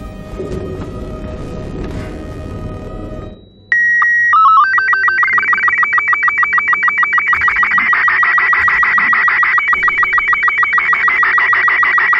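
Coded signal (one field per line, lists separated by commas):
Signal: SSTV (slow-scan television)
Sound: harsh noise, then a steady tone and short digital chirps, then a warbling scan with regular ticks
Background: noisy sound before signal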